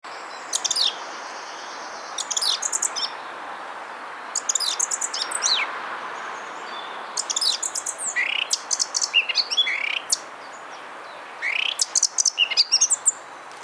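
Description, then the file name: Eurasian blackcap singing several short, varied phrases of rapid high chattering notes and quick sliding whistles, with a steady hiss of background noise. "Sylvia atricapilla"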